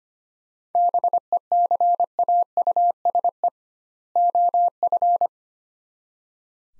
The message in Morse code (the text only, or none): BECAUSE OF